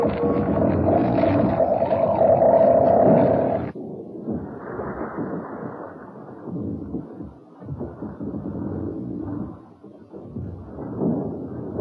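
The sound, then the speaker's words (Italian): A giant woodworm monster roars as it wakes and goes away: a loud, harsh, wailing bellow for a few seconds, followed by a string of lower, rumbling growls and grunts that rise and fall. “Il mostro Tarlo va via.”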